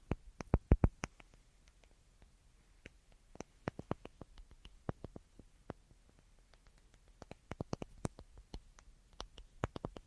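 Sharp, dry taps sound in irregular clusters across the ten seconds, each one a brief click with a bright edge. A quick burst opens the clip, then the taps come in loose groups with short quiet gaps between them, over near silence.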